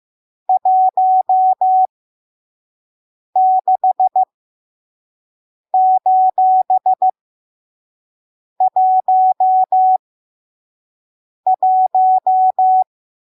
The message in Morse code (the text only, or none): 16:11